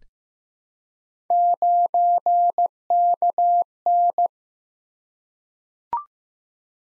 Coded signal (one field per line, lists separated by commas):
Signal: Morse code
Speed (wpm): 15 wpm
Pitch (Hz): 700 Hz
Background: none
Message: 9KN